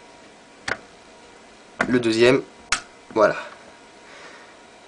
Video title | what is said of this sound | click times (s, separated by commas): Comment enlever et remettre une barrette de RAM sur un PC fixe | voilà une fois vous avez entendu le petit clic c'est que c'est bon | 0.7 s